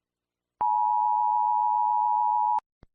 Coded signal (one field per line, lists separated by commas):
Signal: Emergency Alert System (SAME) tones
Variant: 853 and 960 Hz attention tone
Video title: EAS Scenario: Gas station weed